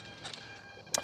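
A plastic canopy hatch is dropped onto the foam fuselage of an E-flite SNJ-5 / AT-6 Texan 1.5 m RC airplane, over the 4S battery bay. Strong magnets pull it down, and it snaps into place on its own with a sharp click at 0.9 s, so no latch is needed. A faint tap is heard at 0.3 s before it seats, over a low background hiss.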